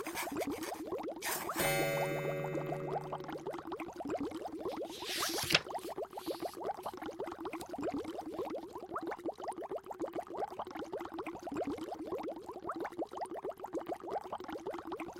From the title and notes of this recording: The wizard is tinkering with the elixir bubble sound in the pharmacy.